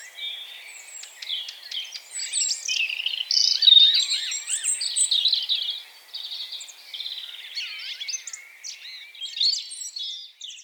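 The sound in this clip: Birds singing over one another, quick repeated chirps and slurred whistles, loudest in the first half, softer twitters afterward.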